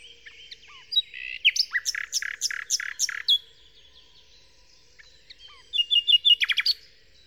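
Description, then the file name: Common nightingale song: varied chirps leading to a series of loud, rich, repeated notes, a pause, then a quick rattling burst of high chips. Nightingale song in Kent, 2008. "nightingale-song-recorded-in-kent-2008-by-phil-riddett"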